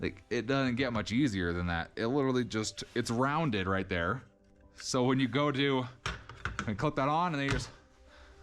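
A garage storage hook is handled near a wall-mounted track while someone talks throughout. The hook has not yet clicked onto the track or seated by the end of the clip.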